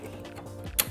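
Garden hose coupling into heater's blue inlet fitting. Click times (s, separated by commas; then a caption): 0.8 s. A garden hose quick-connect coupling is pushed into the blue inlet fitting on a heater. Low, steady background sound runs until a single sharp, bright click at 0.8 s as the coupling seats in the fitting.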